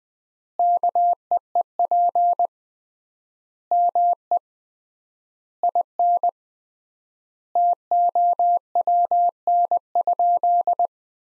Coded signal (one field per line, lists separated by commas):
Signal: Morse code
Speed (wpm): 20 wpm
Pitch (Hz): 700 Hz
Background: none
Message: KEEP ME IN TOWN?